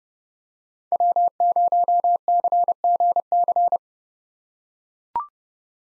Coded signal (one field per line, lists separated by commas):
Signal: Morse code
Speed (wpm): 31 wpm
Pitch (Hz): 700 Hz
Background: none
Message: W0CGC